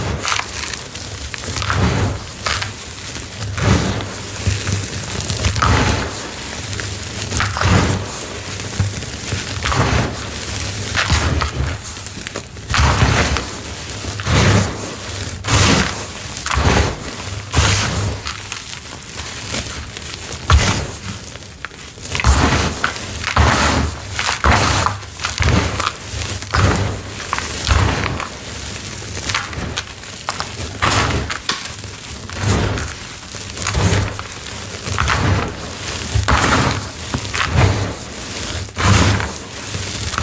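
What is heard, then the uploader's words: Gritty crunches of cornstarch being crushed come in rapid, uneven bursts, with soft thuds and powdery crumbling throughout the whole stretch. Cornstarch Crunchies. Crunchy, gritty cornstarch crushing, ASMR crumbling and dusty powder play sounds.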